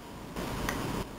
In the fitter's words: also works plastic this is a toy helicopter for quiet we can hear it click